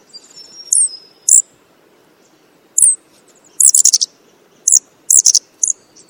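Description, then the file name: Blue flycatcher giving loud, high, abrupt chip notes, single and then in rapid clusters of three or four, with a brief thin whistle near the start. Alarm call. "suara alarm panggilan cikrakperi biru omkicau"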